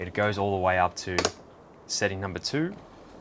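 Someone talks while a Dometic dual-glazed, aluminium-framed window on a Carrera Trekseeker II Semi Off-Road 19'6" caravan is opened by hand, its stay raised to setting 2 in the window frame, with faint handling noise between the words. The stay has not yet clicked into its next detent at setting 3; nothing has seated.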